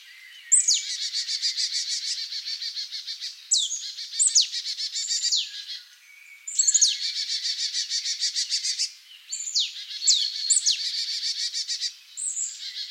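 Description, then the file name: Marsh tit calls: a sharp downslurred note followed by a long, rapid, buzzy nasal chatter, repeated in bouts roughly every three seconds. "Poecile palustris"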